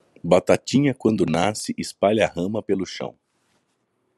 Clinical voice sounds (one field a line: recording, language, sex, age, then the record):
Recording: short text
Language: Brazilian Portuguese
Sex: male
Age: 30 to 39 years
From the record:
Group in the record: control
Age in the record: 31 years